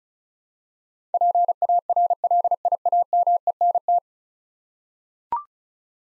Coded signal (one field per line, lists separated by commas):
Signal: Morse code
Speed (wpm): 36 wpm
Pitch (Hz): 700 Hz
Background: none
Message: PARLIAMENT